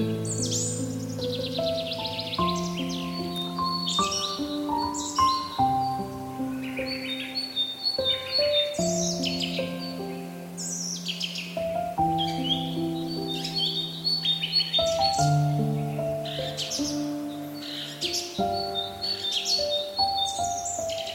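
Bright, dense birdsong chirps and trills continuously over soft, sustained piano chords that shift every few seconds, with low notes underneath.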